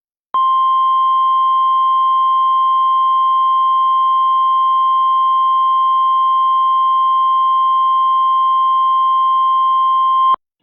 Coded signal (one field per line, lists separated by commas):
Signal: Emergency Alert System (SAME) tones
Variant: 1050 Hz attention tone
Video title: (EAS MOCK) LAW ENFORCEMENT WARNING (LEW) DALLAS COUNTY